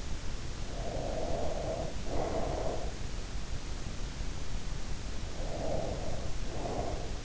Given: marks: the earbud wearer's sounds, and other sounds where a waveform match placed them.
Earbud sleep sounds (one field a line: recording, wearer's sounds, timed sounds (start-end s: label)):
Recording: sounds in sleep by an in-ear microphone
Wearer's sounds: breath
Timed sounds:
0.41-3.04 s: breath
5.03-7.25 s: breath